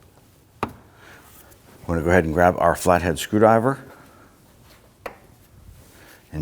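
A rear vacuum hose connector is pushed onto its port during a radiator replacement on a 2010-2019 Ford Taurus, and it snaps into place with a sharp click at 0.6 s. Someone then talks, and another brief click follows at about 5.1 s. The hose is seated.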